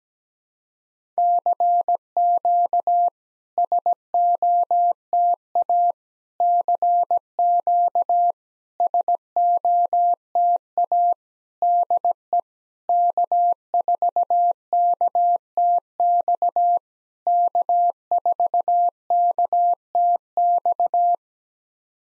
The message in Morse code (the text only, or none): CQ SOTA CQ SOTA DE K4KTX K4KTX